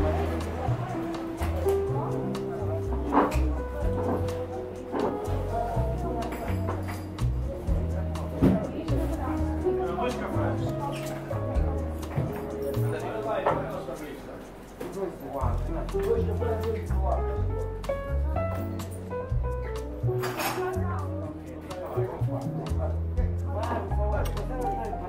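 Seaside cafe ambience with steady overlapping chatter, frequent clinks of dishes and cups, and a low continuous rumble throughout.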